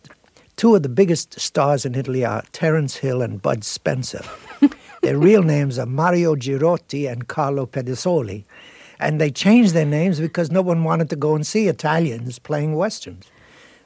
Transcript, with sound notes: Two of the biggest stars in Italy are Terence Hill and Bud Spencer.
(Laughter).
Their real names are Mario Girotti and Carlo Pedersoli, and they changed their names because no one wanted to go and see Italians playing Westerns.